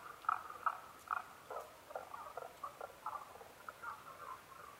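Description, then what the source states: Tago's brown frog calls: clipped croaks repeated quickly, a few sharp notes at first, then softer irregular notes. Recorded 15 May 2011 at 02:19.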